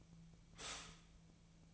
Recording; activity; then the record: daily activity, microphone in the room; stop toaster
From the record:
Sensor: 1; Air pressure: 1009.3 hPa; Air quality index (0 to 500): 195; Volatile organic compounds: 19 ppm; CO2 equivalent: 2664 ppm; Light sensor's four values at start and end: 27/70/29/34 and 27/70/29/34